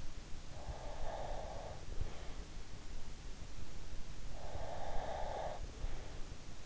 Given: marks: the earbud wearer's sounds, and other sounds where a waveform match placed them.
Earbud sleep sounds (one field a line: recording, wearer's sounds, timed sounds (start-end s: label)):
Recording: sounds in sleep by an in-ear microphone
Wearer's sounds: breath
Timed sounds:
0.59-2.49 s: breath
4.32-6.21 s: breath